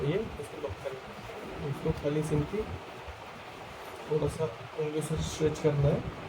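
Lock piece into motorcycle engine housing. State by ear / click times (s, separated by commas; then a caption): not seated / none. A locking piece for the housing of an old Bullet CI motorcycle engine is handled during a rebuild, stretched slightly with a finger before being inserted. Someone talks over faint handling noises. Nothing has seated or clicked yet.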